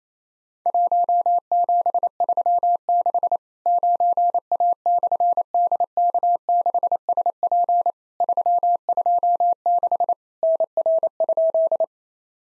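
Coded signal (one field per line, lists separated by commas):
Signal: Morse code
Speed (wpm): 28 wpm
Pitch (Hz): 700 Hz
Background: none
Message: 1736 9A/DK6SP 326 NR?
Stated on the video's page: Practice Morse at 28 wpm simulating Worked All Europe DX Contest QTC exchanges, with random misses and repeat requests.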